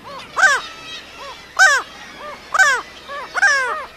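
Black-legged kittiwake calls, nasal wailing notes with a sharp rising then falling shape, given in four bursts roughly once a second.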